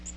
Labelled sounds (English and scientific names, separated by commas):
Magnolia Warbler (Setophaga magnolia) flight call